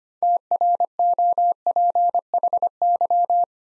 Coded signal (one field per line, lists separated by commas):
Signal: Morse code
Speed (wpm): 25 wpm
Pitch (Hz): 700 Hz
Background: none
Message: TROPHY